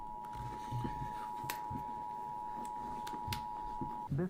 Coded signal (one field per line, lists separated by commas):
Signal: Emergency Alert System (SAME) tones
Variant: 853 and 960 Hz attention tone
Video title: watching eas scenarios (request in chat- try some new creators)